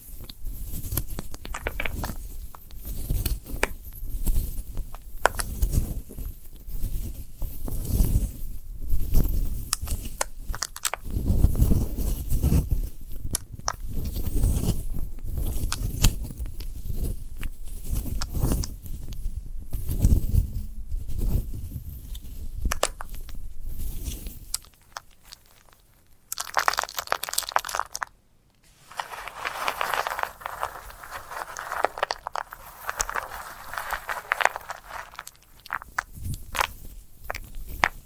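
Dry sunflower head being handled, with dense crunching and crackling for about 25 seconds, then a brief pause and softer, brighter rustling.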